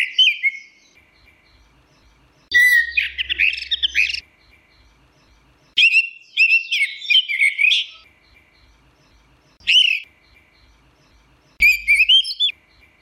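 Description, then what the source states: Orange-headed thrush singing varied, sweet warbling phrases every few seconds, mixing whistles, slurred notes and chattering runs. Song style called ngeplong; recording used as master audio for training captive birds.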